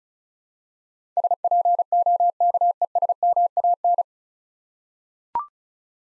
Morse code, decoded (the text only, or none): SPOKESMAN